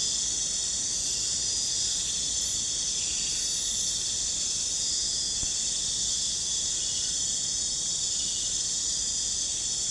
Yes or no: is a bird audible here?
no